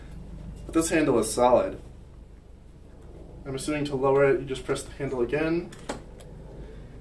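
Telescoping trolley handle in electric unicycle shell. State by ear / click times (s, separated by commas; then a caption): seated / 6.2 s. Someone talks while pressing the trigger on the telescoping trolley handle of an InMotion V11 electric unicycle shell and lowering the handle. A short click at 6.2 s marks the handle locking in its retracted position.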